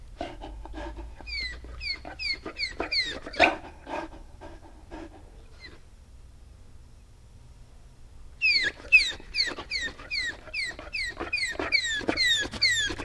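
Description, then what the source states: Dog giving high, falling whiny squeaks over fast breathy panting, a quieter stretch midway, then a burst of repeated whimpers. Panting with some whining.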